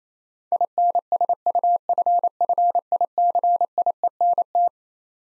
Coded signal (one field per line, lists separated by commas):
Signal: Morse code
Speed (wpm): 27 wpm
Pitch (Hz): 700 Hz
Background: none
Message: INSUFFICIENT